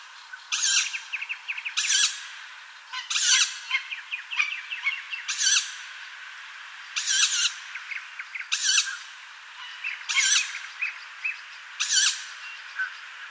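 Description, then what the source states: Tawny owl chicks giving several harsh, hissing screeches. Chicks, recorded 27 May 2015.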